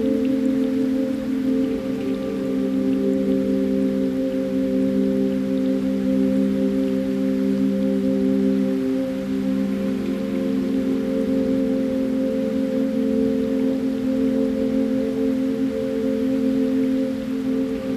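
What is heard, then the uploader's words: A soft, constant stream trickles beneath a steady, warm drone of layered low tones, tuned to 432Hz, holding unchanged throughout. Drifting Away by the Stream - 432Hz Frequency.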